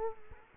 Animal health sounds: mosquito wingbeat signal from an infrared sensor; Culex quinquefasciatus

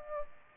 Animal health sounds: mosquito wingbeat signal from an infrared sensor; Aedes aegypti

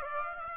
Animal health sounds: mosquito wingbeat signal from an infrared sensor; Aedes aegypti

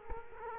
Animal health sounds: mosquito wingbeat signal from an infrared sensor; Culex quinquefasciatus

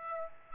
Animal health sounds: mosquito wingbeat signal from an infrared sensor; Aedes aegypti

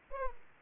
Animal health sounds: mosquito wingbeat signal from an infrared sensor; Aedes aegypti

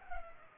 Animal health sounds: mosquito wingbeat signal from an infrared sensor; Culex pipiens

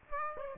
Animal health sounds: mosquito wingbeat signal from an infrared sensor; Aedes aegypti

